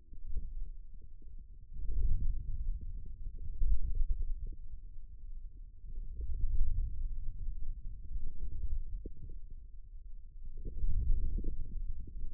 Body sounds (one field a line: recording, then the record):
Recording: forearm muscle sounds (acoustic myography)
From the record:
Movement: wrist flexion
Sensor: system 2, bracelet of six BSWA MPA416 microphones around the upper forearm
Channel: 4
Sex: male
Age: 22 years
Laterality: right